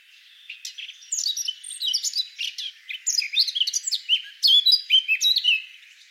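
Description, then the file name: Eurasian blackcap warbling song, a quick jumble of sharp chirps and clear whistled phrases building in strength toward the end. "Sylvia atricapilla"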